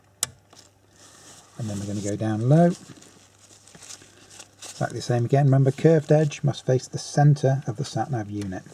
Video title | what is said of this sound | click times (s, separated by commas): How to Remove Sat Nav RNS-D - ALL Audi Models - A2 A3 A4 A6 - TOTAL TECHNIK | put them in gently and test for that resistance it should push back you see that one's pushing back in exactly what you want push it until it clicks and then | 0.2 s